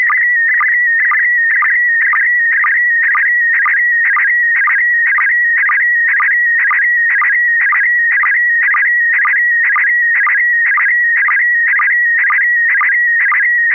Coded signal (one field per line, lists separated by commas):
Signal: SSTV (slow-scan television)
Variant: PD 120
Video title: N6NA SSTV Net - 03/26/2025